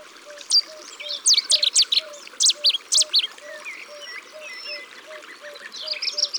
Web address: Rossignol-philomele abc-de-la-nature